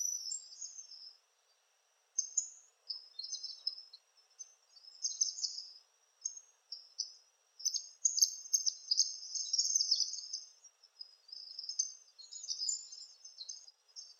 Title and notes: Sanhaçu-do-coqueiro (Tangara palmarum). Sanhaçu-do-coqueiro Palm Tanager ( Tangara palmarum )